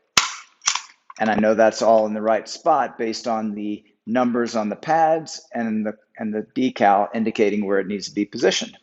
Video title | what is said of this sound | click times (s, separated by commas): 2019+ Nissan Altima 4-dr Sedan with Thule Evo Clamp + Wingbar Evo Roof Rack Crossbars | door frame bracket and just slip it into place until i feel it and hear a click | 0.2 s